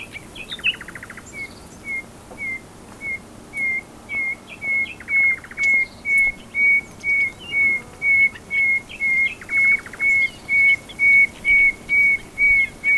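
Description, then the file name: Common nightingale song: a long steady series of piping whistles about twice a second, swelling louder, broken by short buzzy rattles. "Luscinia megarhynchos"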